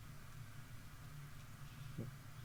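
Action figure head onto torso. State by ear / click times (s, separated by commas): not seated / none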